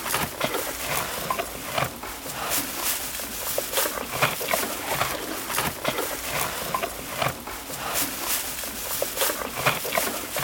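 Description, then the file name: Roe deer eating: repeated rasping bites and crackling chews, a constant munching texture for the whole stretch. Eating grass. "reh frisst gras"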